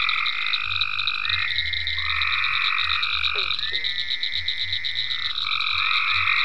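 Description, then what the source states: Frog chorus of overlapping sustained trills, a few brief sharp chirps midway, over a constant high-pitched drone and low croaking pulses. Frogs in ponds at Venaura farm, recorded 27 May 2010.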